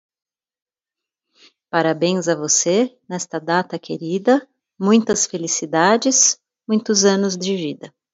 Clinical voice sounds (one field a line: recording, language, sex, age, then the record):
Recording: short text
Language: Brazilian Portuguese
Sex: female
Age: 40 to 49 years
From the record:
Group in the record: control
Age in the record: 46 years